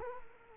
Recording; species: mosquito wingbeat signal from an infrared sensor; Culex quinquefasciatus